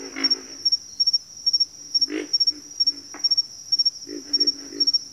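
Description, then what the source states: Pig frogs giving low snoring grunts in rapid clusters, with a steady shrill insect hum running throughout. Several pig frogs calling in a bayou.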